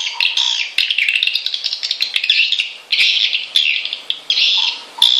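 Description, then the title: Swiftlet chirps in short high bursts, some rising and falling, broken by sharp clicks and a faint lower pulsing tone. Swiftlet lure call used to attract birds, from Kalimantan. "Suara Walet Kalimantan"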